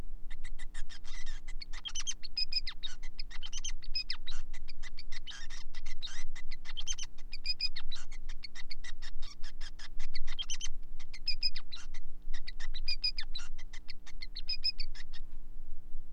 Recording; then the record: song of a male Bengalese finch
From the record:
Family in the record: son of father 5